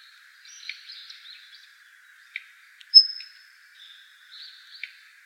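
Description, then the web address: Daurian redstart with one sharp high whistle among softer twittering notes and a few dry clicks, calling quietly throughout. Recorded on 26 December 2016. "ruri-jou jobitaki 161226"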